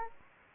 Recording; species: mosquito wingbeat signal from an infrared sensor; Anopheles gambiae